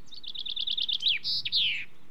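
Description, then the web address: Common chaffinch song, a cheerful trill of repeated chips before a ringing terminal flourish, with a gentle low rumble beneath. "BBC Sound Effects Library. Chaffinch"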